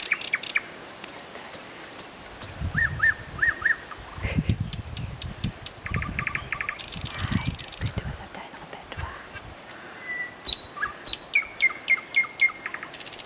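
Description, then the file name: Bird chirps, with short tonal notes repeated in quick runs and sharp high ticks over a steady low rumble of background noise. Recorded on Rügen. "heikm. Vogel auf Ruegen"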